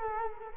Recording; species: mosquito wingbeat signal from an infrared sensor; Culex quinquefasciatus